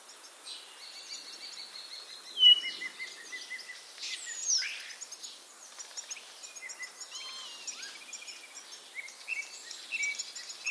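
Common starling calls: a varied jumble of short whistles, clicks and squeaky notes, with one sharp louder note near the start.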